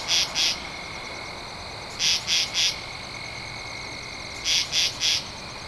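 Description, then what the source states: Katydid calls in short raspy bursts, two then three pulses, with groups repeating every two to two and a half seconds over a steady high insect hum. Recorded 2 October 2012.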